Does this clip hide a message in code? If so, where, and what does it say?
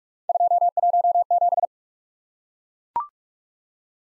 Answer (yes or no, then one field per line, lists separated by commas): yes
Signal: Morse code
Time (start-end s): 0.3-1.7 s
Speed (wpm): 39 wpm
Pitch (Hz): 700 Hz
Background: none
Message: 217